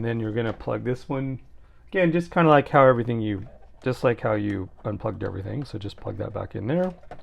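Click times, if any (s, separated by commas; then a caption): none. Someone talks while handling the cable connector for a replacement LCD panel, getting ready to plug it back into its socket on the board. Only speech is heard; the connector has not seated or clicked in yet.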